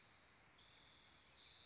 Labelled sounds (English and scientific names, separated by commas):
Spotted Towhee (Pipilo maculatus)